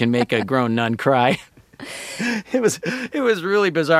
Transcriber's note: laughter